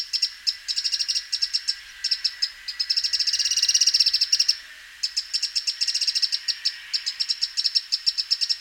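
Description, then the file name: Eurasian wren rattling calls: fast series of hard ticks, a long churring run in the middle, then renewed rapid bursts. "Troglodytes troglodytes"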